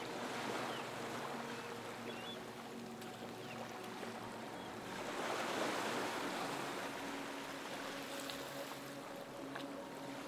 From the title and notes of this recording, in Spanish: DUERME Mejor con el Sonido de las OLAS y una MELODÍA Relajante.